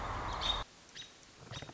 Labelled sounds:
American Robin
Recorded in Sonoma County, California

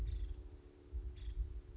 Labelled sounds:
Nuttall's Woodpecker
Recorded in Sonoma County, California

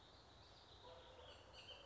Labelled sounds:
Bullock's Oriole
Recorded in Sonoma County, California

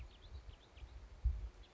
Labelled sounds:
House Finch
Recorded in Sonoma County, California

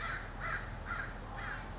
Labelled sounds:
American Crow
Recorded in Sonoma County, California

